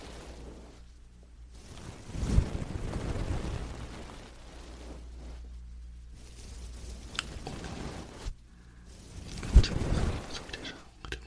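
A wooden ear pick scrapes and brushes in an ear, making low, muffled rumbling with soft scratchy rustle over it. Louder bursts of scraping swell around two seconds and again near nine and a half, each with a sharp click, between quieter stretches.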